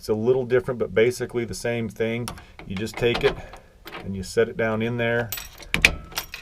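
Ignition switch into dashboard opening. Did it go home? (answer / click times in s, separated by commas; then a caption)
yes / 5.7 s, 5.9 s. Someone talks while a replacement ignition switch is set into its opening in the dash bezel of a 1966 Chevy C10 pickup and pushed in. Sharp pops at 5.7 s and 5.9 s mark the switch seating in place.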